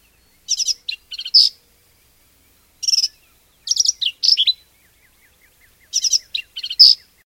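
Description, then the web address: Black-capped Vireo song: several bursts of short phrases of harsh, buzzy and slurred notes, with soft ticking notes in between. "radio 2006-10-20 Black-capped Vireo"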